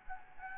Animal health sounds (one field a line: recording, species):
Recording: mosquito wingbeat signal from an infrared sensor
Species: Anopheles gambiae